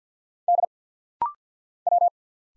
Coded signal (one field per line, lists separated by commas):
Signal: Morse code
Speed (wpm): 50 wpm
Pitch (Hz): 700 Hz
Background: none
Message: D W